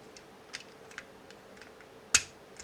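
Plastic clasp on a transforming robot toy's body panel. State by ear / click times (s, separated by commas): seated / 2.2 s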